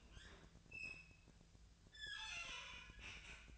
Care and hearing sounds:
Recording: daily activity, microphone in the room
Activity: open fridge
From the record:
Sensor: 2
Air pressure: 1009.5 hPa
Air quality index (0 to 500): 186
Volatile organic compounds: 11 ppm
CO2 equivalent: 2314 ppm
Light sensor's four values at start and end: 24/58/25/27 and 24/59/26/28

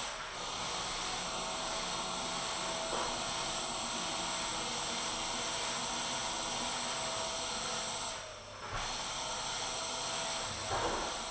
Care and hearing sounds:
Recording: daily activity, microphone in the room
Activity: vacuum cleaning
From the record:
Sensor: 5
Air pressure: 994.5 hPa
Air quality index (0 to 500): 173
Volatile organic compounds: 667 ppm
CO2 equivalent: 5010 ppm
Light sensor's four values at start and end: 8/20/8/9 and 9/21/8/9

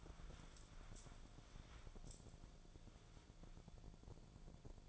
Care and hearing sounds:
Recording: daily activity, microphone in the room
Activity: wipe stove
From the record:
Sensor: 5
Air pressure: 1000.7 hPa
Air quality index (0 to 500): 162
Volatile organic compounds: 2 ppm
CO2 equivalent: 1238 ppm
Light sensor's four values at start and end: 50/104/48/53 and 48/102/46/51

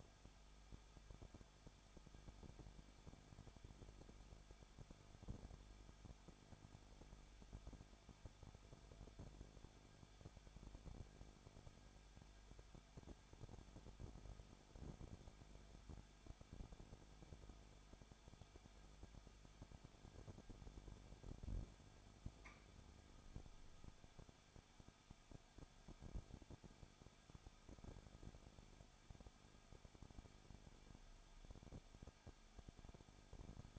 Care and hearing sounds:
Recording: daily activity, microphone in the room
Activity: no activity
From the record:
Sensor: 5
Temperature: 20.9 degrees Celsius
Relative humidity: 35.1%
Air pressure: 994.7 hPa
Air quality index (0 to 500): 153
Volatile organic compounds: 2 ppm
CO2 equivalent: 1280 ppm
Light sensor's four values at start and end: 2/3/1/1 and 2/3/1/1

